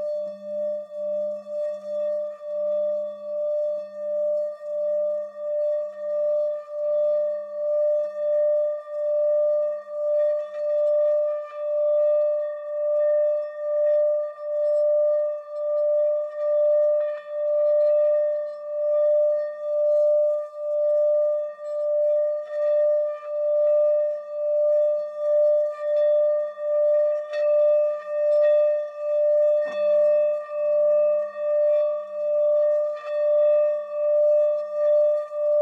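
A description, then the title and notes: Crystal singing bowls ring in a long, steady pure tone with a clear overtone above it, sustained for the whole stretch. The sound swells and fades in slow regular pulses, about one every second, while a soft low hum comes and goes beneath. Healing sound therapy (Sound Bath) using crystal singing bowls.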